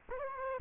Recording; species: mosquito wingbeat signal from an infrared sensor; Culex quinquefasciatus